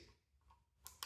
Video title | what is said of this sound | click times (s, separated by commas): Review & Install Of DC HOUSE 48V 100Ah LiFePO4 Metal Case Lithium Battery & Charger EZGO Golf Cart. | Plug it in right like that. And snaps right in. | 0.9 s, 1.0 s